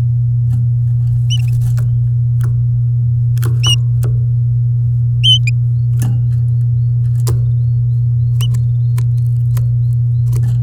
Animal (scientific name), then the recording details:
Serinus canaria. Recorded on 7 May 2018 at 09:42. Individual llb16